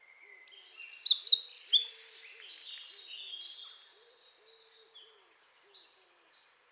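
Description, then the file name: Eurasian wren song, a loud, quick, high-pitched trilling burst of about a second and a half, followed by fainter high twitters fading over several seconds. "Troglodytes troglodytes"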